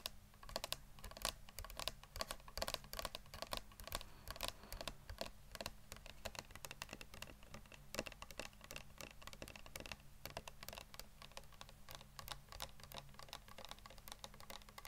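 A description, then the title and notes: Fast, dense tapping that sounds like fingers clattering on a keyboard, with sharp clicks arriving several times a second and barely a pause across the whole stretch. The taps are crisp and bright, riding over a steady low hum. ASMR Best Tapping.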